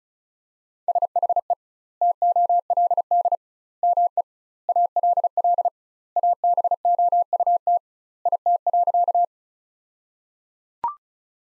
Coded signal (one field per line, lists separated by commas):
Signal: Morse code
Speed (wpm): 34 wpm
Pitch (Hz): 700 Hz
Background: none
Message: SHE TOLD ME ALL ABOUT IT.